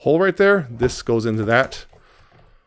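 A plastic peg on a Transformers Legacy Evolution Nemesis transforming toy ship is handled and lined up with a small hole in the toy body while someone talks. The clip ends before the peg goes in, so nothing has seated or clicked yet.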